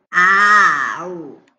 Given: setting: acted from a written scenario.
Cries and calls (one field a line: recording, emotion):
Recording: vocal sound without words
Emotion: disgust